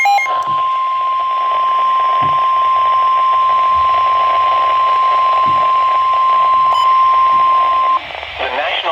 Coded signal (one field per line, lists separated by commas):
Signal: Emergency Alert System (SAME) tones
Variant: 1050 Hz attention tone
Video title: EAS ALERTS FROM 2023 - 'Michigan Mayhem'